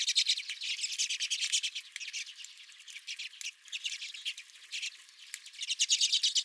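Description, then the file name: Redpolls chattering in a dense flock, rapid high buzzy chips running almost without a break, louder at the start and end. Several redpolls at the recordist's own bird feeder. "Redpolls at My Feeder"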